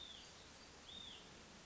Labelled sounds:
Hutton's Vireo (Vireo huttoni)
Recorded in Sonoma County, California

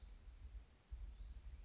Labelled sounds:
Hutton's Vireo (Vireo huttoni)
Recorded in Sonoma County, California

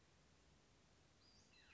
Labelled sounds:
Western Flycatcher (Empidonax difficilis)
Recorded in Sonoma County, California

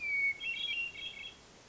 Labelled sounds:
Hermit Thrush (Catharus guttatus)
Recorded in Sonoma County, California

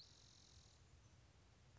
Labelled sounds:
Spotted Towhee (Pipilo maculatus)
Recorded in Sonoma County, California

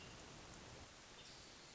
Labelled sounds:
Hermit Thrush (Catharus guttatus)
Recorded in Sonoma County, California

